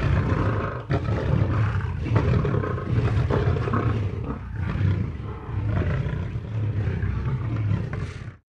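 Lion roaring in a long, deep, rumbling stretch with heavy low-pitched energy, briefly dipping near one second and again midway.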